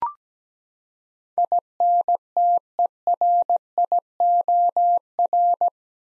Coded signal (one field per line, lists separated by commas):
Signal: Morse code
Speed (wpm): 17 wpm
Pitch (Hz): 700 Hz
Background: none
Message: INTERIOR